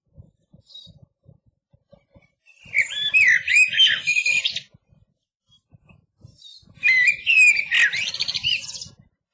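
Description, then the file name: Eurasian blackbird song: two mellow whistled phrases with high scratchy twitters, separated by a pause, with faint low clicks in the background. "MERLO"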